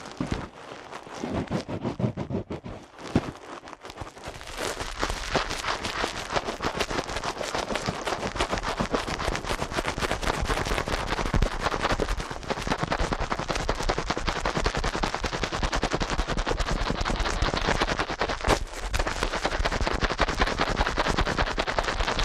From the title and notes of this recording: ASMR Ear Cleaning at Helicopter Speed.